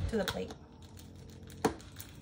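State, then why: Seated. A new colostomy bag's coupling ring is pressed onto the skin barrier wafer flange and snaps into place with a sharp click at 1.6 s, confirming it is seated. Someone talks at the start, and a few fainter taps and rustles follow.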